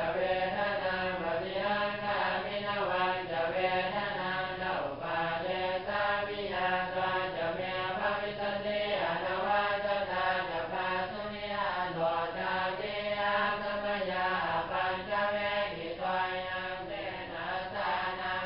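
Monks chant together in a steady, droning unison, their low voices rising and falling in regular phrases without pause, full throughout.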